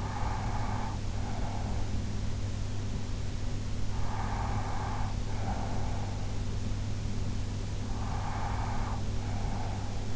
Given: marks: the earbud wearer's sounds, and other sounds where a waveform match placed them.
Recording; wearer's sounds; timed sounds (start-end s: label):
sounds in sleep by an in-ear microphone; breath
0.00-1.99 s: breath
3.93-6.35 s: breath
7.94-10.16 s: breath